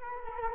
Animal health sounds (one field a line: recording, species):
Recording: mosquito wingbeat signal from an infrared sensor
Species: Culex quinquefasciatus